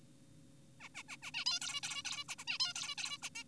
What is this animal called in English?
Zebra Finch